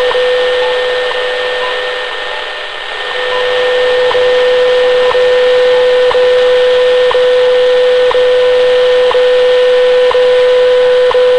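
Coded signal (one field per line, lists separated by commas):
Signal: radio time signal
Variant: WWV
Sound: steady low tone with short clicks every second, about eight ticks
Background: radio static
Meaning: Each tick marks one second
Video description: WWV (Fort Collins, Colorado) and what I believe is BPM (Xi'an, China) as well as a second time signal beep I don't recognize heard alongside the other two. Recieved on 10 MHz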